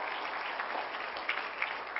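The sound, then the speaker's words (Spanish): An audience applauds loudly for the Lord during an afternoon sermon, a dense, steady wash of many hands clapping together that holds for about two seconds with a few sharper claps standing out, and no one speaking. “¿Cuánto le da un aplauso fuerte al Señor en esta tarde?”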